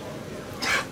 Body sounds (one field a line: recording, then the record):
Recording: coughing mixed with background sound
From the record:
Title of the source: 64 coughing, allergies, singing lungs